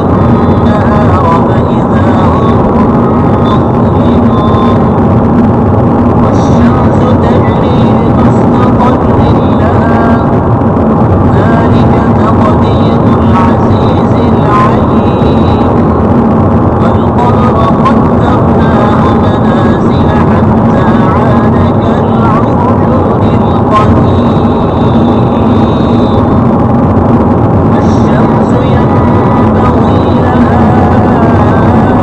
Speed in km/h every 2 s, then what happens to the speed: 90, 91, 93, 94, 94, 96, 98, 93, 93, 92, 92, 95, 96, 98, 100, 101.
0-11 speeds up to 98. 20-32 speeds up to 101.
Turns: none.